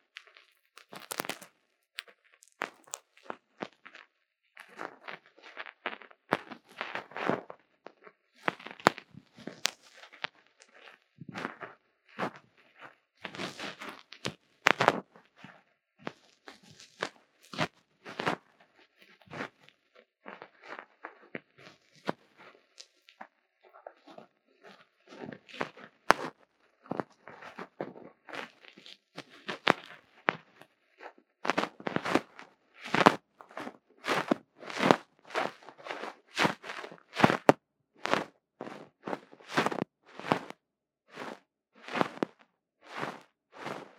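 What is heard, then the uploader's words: Ear cleaning with fluffy pom-pom triggers: dense, crackly brushing and scratching strokes, each a sharp bright burst, coming in quick irregular runs. Quieter soft rustles fill the gaps, and from about 31 seconds the strokes turn louder, faster and more rhythmic to the end. 貫穿腦門的絨毛毛球觸發 | Lo-fi | Brain Penetrating Ear Cleaning | NO Talking. 因為是收音比較沒那麼敏感的小麥克風.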